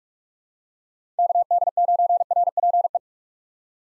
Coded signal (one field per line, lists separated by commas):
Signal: Morse code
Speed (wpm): 41 wpm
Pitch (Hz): 700 Hz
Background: none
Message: KD9RPE